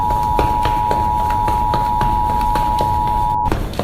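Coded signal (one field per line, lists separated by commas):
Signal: Emergency Alert System (SAME) tones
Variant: 853 and 960 Hz attention tone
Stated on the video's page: Fictional EAS scenario and ambience recreation imagining a nuclear war; simulated, not a real alert.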